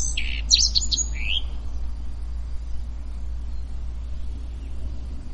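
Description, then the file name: Common redstart gives one quick high twittering phrase at the start, then only a steady low engine-like rumble continues. Recorded 27 May 2016. "Rougequeue a front blanc Vers 27-05-2016"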